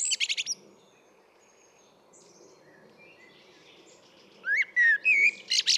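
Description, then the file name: Common blackbird song: a high twittering burst, a long pause, then rich fluted whistles and a squeaky ending. "Turdus merula"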